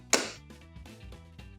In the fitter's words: and rotate it until you hear a click